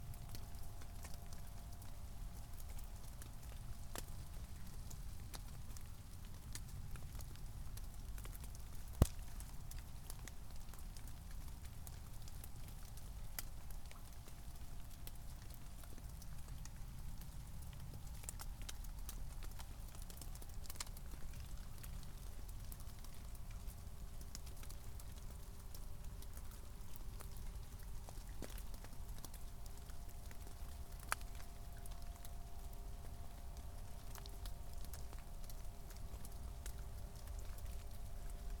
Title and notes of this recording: Glacial Esker Nature Preserve: Chain O'Lakes State Park. Oak, maple, and hackberry forest adjacent to Bowen Lake with wet snow.